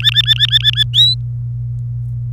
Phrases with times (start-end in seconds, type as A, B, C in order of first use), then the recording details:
0.00-0.83 A, 0.94-1.15 B. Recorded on 27 April 2018 at 06:45. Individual llb3